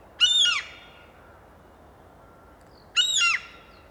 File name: Common Gull Larus canus